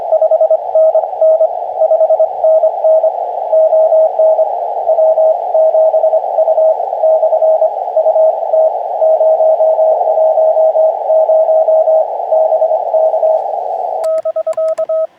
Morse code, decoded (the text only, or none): 5NN 5NN ON W7U / UT 010 BK <BK>